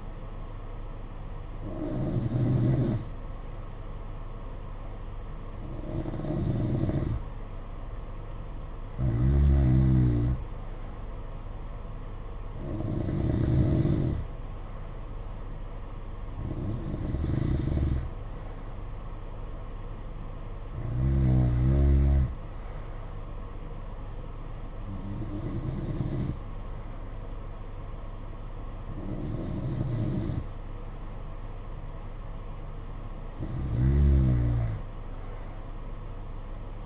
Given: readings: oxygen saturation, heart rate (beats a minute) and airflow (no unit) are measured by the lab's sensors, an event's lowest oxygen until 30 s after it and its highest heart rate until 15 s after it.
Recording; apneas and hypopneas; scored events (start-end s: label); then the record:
breathing in sleep by a smartphone at the bedside; none
none scored
From the record:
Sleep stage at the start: N2 (light sleep); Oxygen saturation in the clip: 91 to 92%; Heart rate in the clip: 57 to 61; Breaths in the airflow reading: 9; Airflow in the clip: -7.2 to 5.0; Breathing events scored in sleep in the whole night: 476 in 9.7 hours asleep